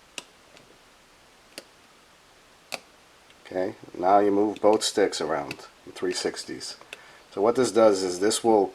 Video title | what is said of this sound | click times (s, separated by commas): Drift Fix Cleaning Routine | now you push these back in they clip you'll hear them snap okay | 0.2 s, 2.7 s